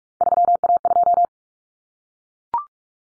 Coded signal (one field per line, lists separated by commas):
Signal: Morse code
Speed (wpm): 44 wpm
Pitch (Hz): 700 Hz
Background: none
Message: 3A2